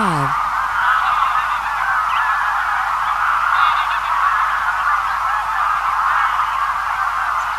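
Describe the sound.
Greylag goose: greylag geese honking together in a steady, unbroken chorus of overlapping nasal calls, with a brief descending sound at the very start.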